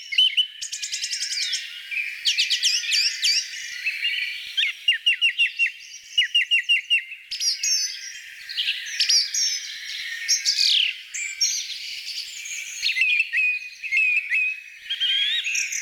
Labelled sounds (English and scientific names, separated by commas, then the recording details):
Song Thrush (Turdus philomelos) song
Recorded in the wild
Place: Flögelner See, Schleswig-Holstein, DE
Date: 1987-05-28
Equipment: Alparon-Reflektor
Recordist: Schwarz, Dieter
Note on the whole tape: Song